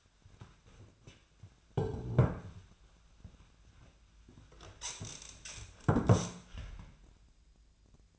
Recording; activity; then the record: daily activity, microphone in the room; sit down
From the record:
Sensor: 2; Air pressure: 1007.7 hPa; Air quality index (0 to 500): 178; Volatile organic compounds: 9 ppm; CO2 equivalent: 2191 ppm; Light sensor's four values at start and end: 10/23/10/10 and 10/23/10/10